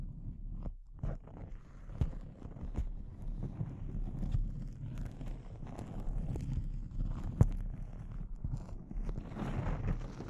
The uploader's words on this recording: ASMR Intense Close-Up Crinkles (No Talking).